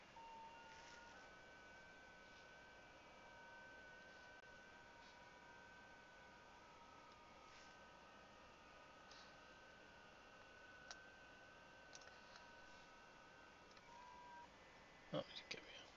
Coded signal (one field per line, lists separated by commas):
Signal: FT8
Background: speech